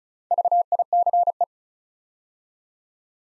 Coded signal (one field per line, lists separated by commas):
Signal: Morse code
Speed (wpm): 36 wpm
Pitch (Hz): 700 Hz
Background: none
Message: VICE